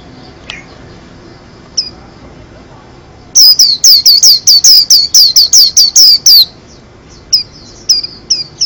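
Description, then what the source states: White-eye song: scattered thin high chirps, then a loud burst of rapid, repeated down-slurred notes lasting about three seconds, followed by sparse chirps again. Lively singer (gacor); tutor recording for kept birds.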